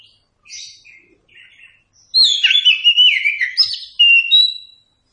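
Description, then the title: Oriental magpie-robin song: a loud burst of rich, varied whistled phrases with sliding notes, preceded by softer chirps, ending in a sustained clear whistle. Song used for training captive birds. "Masteran Burung Kacer"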